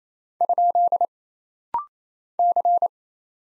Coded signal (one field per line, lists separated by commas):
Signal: Morse code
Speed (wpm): 27 wpm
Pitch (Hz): 700 Hz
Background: none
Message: ? C